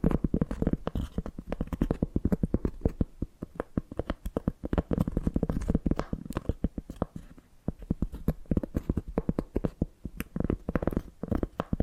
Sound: ASMR Hypnotic Tapping and Scratching Sounds